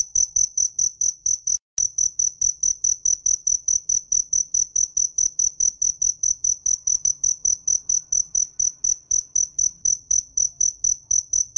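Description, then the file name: Cricket chirps, high and metallic, pulsing rapidly and regularly, with one tiny gap early on, otherwise continuous. "Tieng des keu"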